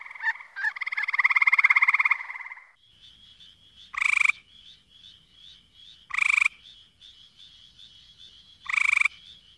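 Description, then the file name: Gray treefrog giving one long pulsed trill of nearly three seconds, then three short trills spaced two to three seconds apart, with a thin steady high tone between calls. "Hyla versicolor - Gray Treefrog"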